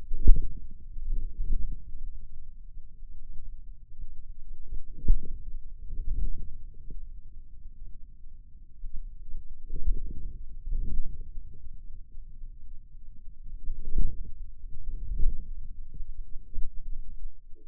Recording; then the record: forearm muscle sounds (acoustic myography)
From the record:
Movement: inward rotation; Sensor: system 2, bracelet of six BSWA MPA416 microphones around the upper forearm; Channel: 1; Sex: male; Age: 22 years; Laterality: right